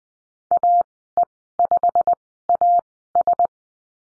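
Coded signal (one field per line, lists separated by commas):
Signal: Morse code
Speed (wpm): 20 wpm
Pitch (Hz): 700 Hz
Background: none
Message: AE5AS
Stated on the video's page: Morse code course lesson on letter C and call signs, Farnsworth speed 20/10 wpm.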